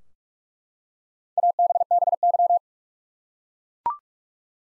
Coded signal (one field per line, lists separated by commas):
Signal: Morse code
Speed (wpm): 42 wpm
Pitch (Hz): 700 Hz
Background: none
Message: ABBY